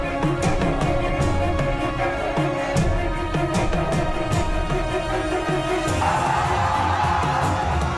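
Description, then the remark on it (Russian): Crowds of furious people roar and shout continuously as they clash in a battle on sand, voices overlapping in a chaotic din with occasional whoops and yells rising above the noise. “Толпы яростных людей столкнулись в прямой битве на песке.”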